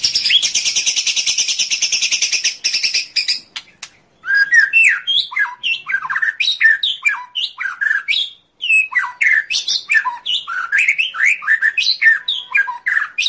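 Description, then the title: White-rumped shama song opening with a long rapid buzzy trill, then a quick series of varied upslurred and downslurred whistled notes after a short pause. Masteran training recording of murai batu song used to tutor cage birds, labelled Labaik. "MASTERAN MURAI BATU LABAIK"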